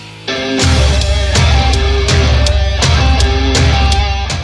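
A rock cover song kicks in after a brief quiet start, with steady pounding drum hits, a heavy low bass line and sustained distorted chords playing loud throughout, no voice audible.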